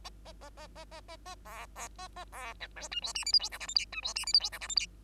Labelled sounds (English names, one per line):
Bengalese Finch song